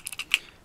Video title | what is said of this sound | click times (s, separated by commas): Dan Wesson CO2 Revolver Review | and then push it down and it until it clicks and locks in place it's | 0.3 s